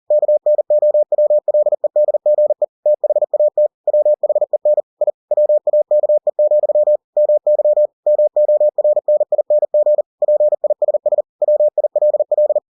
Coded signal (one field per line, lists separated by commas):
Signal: Morse code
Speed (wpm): 40 wpm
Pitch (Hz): 600 Hz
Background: none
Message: KNOWLEDGE THAT WHEN I WAKE, MY MORNING PISS WILL